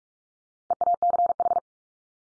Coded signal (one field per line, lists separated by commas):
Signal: Morse code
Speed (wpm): 44 wpm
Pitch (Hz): 700 Hz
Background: none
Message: EACH